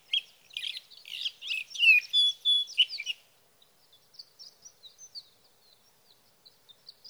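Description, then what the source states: Sage thrasher song: a fast jumble of warbled, scratchy phrases for three seconds, then a run of faint, high, thin notes trailing off. Male singing through the night near his night roost, evening of June 12 to morning of June 15, 2018, Sierra Valley, California; Swift recorder.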